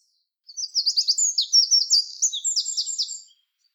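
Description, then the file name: Eurasian wren song: a rapid, high, tinkling outpouring of trills and warbles lasting about three seconds, with fast buzzy rattles near the end. "Troglodytes troglodytes"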